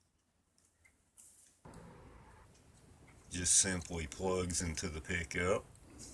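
A replacement stylus cartridge is handled at the tone-arm pickup of a 1966 Rheem/Califone 1450 record player, with the pickup set to the 78 setting. A few faint handling taps and rustles are heard, and then someone talks. Nothing has seated or clicked yet.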